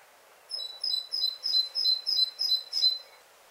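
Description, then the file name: Great tit song: a run of about eight high, ringing two-syllable phrases in steady rhythm, growing slightly louder toward the end. "Parus major"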